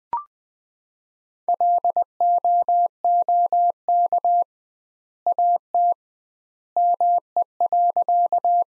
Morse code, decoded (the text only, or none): LOOK AT ME.